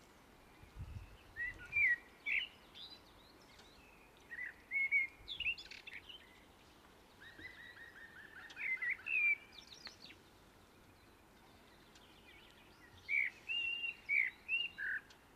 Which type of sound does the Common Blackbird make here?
song